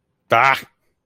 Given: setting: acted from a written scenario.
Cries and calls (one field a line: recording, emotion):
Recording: vocal sound without words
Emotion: distress